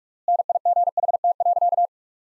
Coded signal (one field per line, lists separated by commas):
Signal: Morse code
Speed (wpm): 46 wpm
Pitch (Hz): 700 Hz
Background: none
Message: NIGHT.